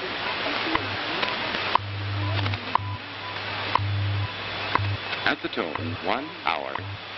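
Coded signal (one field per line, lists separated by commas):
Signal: radio time signal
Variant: WWV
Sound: sharp ticks every second over static and a low hum, interfering voices near the end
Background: radio static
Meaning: Each tick marks one second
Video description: This really was a jumble of a bunch of time stations and you can hear them interfering with each other when WWV goes quiet.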